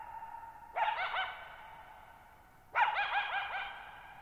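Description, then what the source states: Coyote giving two loud wavering bark-howls about two seconds apart, each quavering and then fading slowly into echo. Lone coyote, wild, calling at night on July 14, 2019, Thirtymile Meadows, Okanogan National Forest, Okanogan High Country at 1950 m; dry plateau, bowl-shaped meadow, boggy ground, long natural reverberation.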